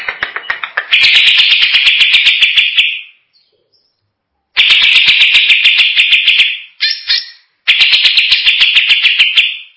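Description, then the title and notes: Greater green leafbird giving long, dense phrases of rapid ticking notes blended with a bright buzzy whistle, broken by a short pause and a brief chatter. Described as a champion singing bird. "Kicau Burung Cucak Ijo Juara. Suara kicauan burung cucak ijo"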